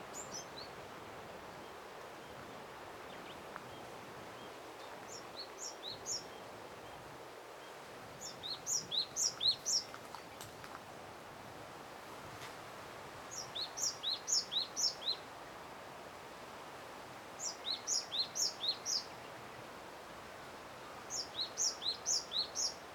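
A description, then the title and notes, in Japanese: A clear, high voice calls in regular bursts of quick bright chirps, returning about every four seconds over a steady soft hiss. 規則正しく、清く高々に鳴く声。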